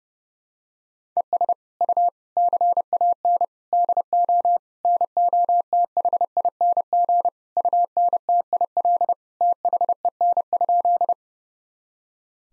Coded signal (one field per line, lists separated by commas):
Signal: Morse code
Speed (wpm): 30 wpm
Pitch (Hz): 700 Hz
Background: none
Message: ES U CAN DO NOTHING UNTIL THEN?